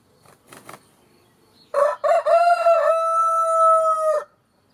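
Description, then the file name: Rooster crow, with faint clucking sounds first, then a full crow of two clipped opening notes leading into a long, level, sustained ending. "coq"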